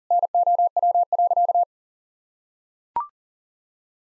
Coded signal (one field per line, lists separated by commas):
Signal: Morse code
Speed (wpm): 40 wpm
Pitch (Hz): 700 Hz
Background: none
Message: NOW.